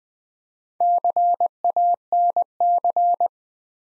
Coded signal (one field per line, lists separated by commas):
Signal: Morse code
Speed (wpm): 20 wpm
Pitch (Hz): 700 Hz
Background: none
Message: CANC